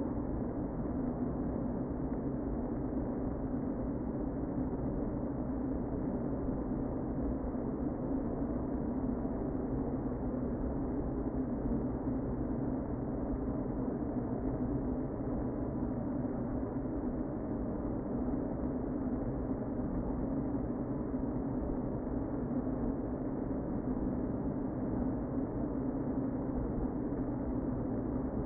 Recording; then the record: honeybee colony, microphone inside the hive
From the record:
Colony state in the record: queen present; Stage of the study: before two queens were removed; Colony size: about 60,000 bees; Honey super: yes